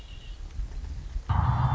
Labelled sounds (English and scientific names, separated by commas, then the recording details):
Red-winged Blackbird (Agelaius phoeniceus)
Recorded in Sonoma County, California